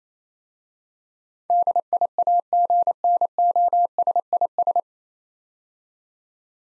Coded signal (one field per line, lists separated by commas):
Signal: Morse code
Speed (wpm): 28 wpm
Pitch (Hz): 700 Hz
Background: none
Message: DIAGNOSIS